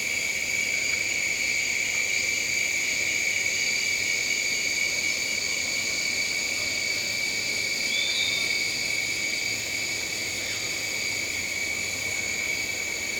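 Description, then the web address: Crickets trilling in a steady, high, ringing chorus, with a brief thin bird note partway through. "Tom's Jerry Apps Winter. crickets, birds"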